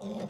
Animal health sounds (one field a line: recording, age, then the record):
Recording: pig call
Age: piglet (1 to 25 days)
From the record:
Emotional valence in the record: negative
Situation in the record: short isolation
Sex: male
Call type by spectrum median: low-frequency call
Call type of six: mixed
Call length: 0.30 s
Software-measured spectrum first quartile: 204 Hz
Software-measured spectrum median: 366 Hz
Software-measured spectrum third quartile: 668 Hz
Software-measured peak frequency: 205 Hz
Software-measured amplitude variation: 143 dB a second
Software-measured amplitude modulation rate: 15.1 a second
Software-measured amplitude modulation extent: 9.5 dB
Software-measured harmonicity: 4.4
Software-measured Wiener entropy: -0.26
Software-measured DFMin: 768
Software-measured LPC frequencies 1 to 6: 491, 2008, 3569, 4873, 6010, 8095 Hz